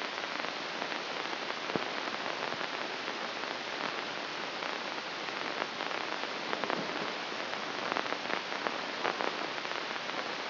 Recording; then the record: brain microelectrode recording played as sound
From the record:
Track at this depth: inside the subthalamic nucleus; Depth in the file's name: 1.949 mm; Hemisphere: right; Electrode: 2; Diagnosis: Parkinson's disease